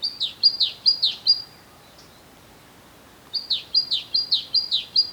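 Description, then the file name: Great tit repeating clear, high two-syllable phrases in a rhythmic run, falling silent for about two seconds, then starting a similar run again. "Parus major"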